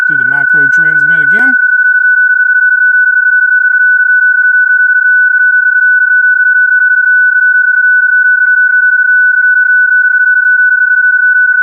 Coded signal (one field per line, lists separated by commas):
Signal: PSK31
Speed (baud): 31.25 baud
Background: speech